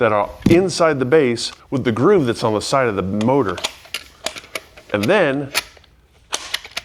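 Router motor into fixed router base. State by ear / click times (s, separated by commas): seated / 6.3 s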